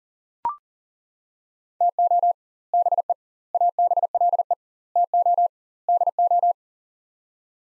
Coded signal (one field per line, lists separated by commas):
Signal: Morse code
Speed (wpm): 40 wpm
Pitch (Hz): 700 Hz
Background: none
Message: TO BE ABLE TO DO